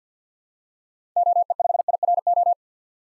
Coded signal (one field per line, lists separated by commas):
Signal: Morse code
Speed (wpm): 50 wpm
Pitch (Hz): 700 Hz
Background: none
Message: OE5IRO